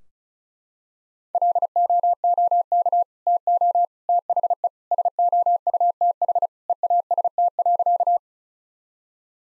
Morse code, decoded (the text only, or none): LOOK TO THE SOUTH EAST.